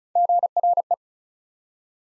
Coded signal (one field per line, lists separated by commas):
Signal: Morse code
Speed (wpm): 36 wpm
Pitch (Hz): 700 Hz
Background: none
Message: GRE